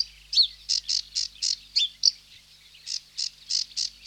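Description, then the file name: Sedge warbler song: slower series of harsh, rasping chirps with a couple of sliding whistled notes, pausing briefly midway. "Sedge Warbler (Acrocephalus schoenobaenus)"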